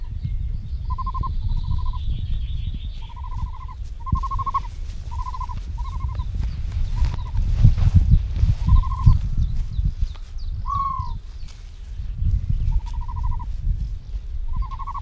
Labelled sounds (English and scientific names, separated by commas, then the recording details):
Great Bustard (Otis tarda) call
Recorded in captivity
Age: juvenile
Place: Serrahn, Mecklenburg-Vorpommern, DE
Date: 1970-06-26
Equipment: Nagra III BH, Sennheiser MD 421
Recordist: Schubert, Michael
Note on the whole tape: Großtrappe, 2-3-wöchige Junge, handaufgezogen: Triller-Ruf "rri" und sonorer Langruf (deutlich zwei-stimmig. Am Schluß tiefer, gutturaler Triller. MD 421